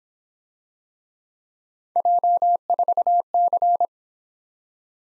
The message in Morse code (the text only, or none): J4C